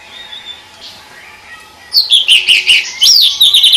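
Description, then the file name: Oriental magpie-robin singing clear high whistles and a rapid series of sweet chirping notes, with a brief pause before a second rising phrase. "tienghotchichchoedat"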